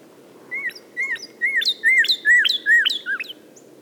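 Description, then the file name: Northern cardinal song: a quick series of short, slurred whistled notes, each rising then falling, growing louder midway then softer. "suara cardinal"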